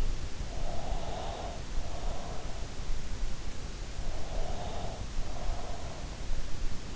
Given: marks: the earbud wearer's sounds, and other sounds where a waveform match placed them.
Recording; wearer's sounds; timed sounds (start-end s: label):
sounds in sleep by an in-ear microphone; breath
0.40-2.63 s: breath
4.51-6.23 s: breath